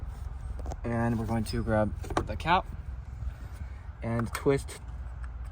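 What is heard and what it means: An engine oil filler cap is handled and twisted onto the oil filler neck of a 2015 GMC Sierra pickup truck engine during an oil change. Someone talks while a few small plastic ticks and taps are heard. Nothing has seated or clicked yet.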